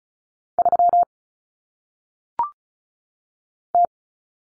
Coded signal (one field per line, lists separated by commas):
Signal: Morse code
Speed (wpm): 35 wpm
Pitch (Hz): 700 Hz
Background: none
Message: 3 T